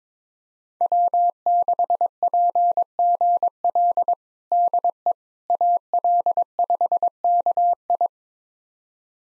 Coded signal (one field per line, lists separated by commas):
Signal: Morse code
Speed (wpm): 22 wpm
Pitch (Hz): 700 Hz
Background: none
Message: W6PGL DE AL5KI